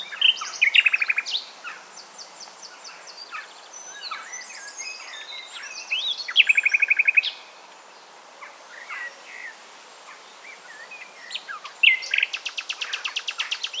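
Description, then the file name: Common nightingale singing varied phrases: rapid rattling trills, whistled slurs and a steady repeated note series, a pause of several seconds, then another fast high trill. "Luscinia megarhynchos"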